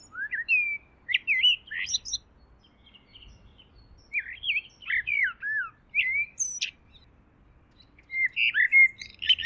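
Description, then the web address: Bird song: lively, jumbled phrases of slurred whistles and chirps in several bursts, with brief pauses between them. "Deverinetal. Bird Only"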